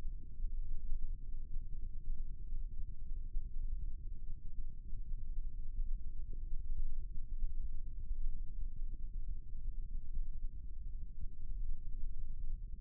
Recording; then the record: forearm muscle sounds (acoustic myography)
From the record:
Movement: rest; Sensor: system 1, eight BSWA MPA416 microphones around the upper forearm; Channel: 6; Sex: male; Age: 20 years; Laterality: left